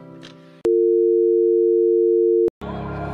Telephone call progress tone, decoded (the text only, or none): dial tone